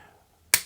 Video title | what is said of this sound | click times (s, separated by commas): remove door cover on osmo action 4, how to remove door cover on osmo action 5 pro | hold the door and you'll hear it snap it's supposed to be waterproof | 0.5 s